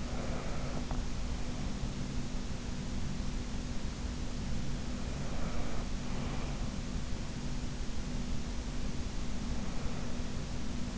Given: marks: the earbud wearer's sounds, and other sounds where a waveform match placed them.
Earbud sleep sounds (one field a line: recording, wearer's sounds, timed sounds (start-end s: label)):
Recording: sounds in sleep by an in-ear microphone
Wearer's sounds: breath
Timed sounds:
0.00-1.23 s: breath
5.13-6.92 s: breath
9.09-10.98 s: breath